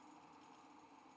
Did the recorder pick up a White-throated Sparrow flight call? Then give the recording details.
no. No flight call is heard. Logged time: 04:01 on 5 December 2014